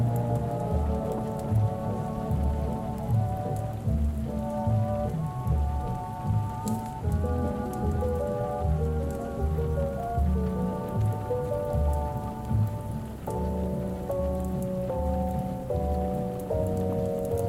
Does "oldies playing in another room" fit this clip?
yes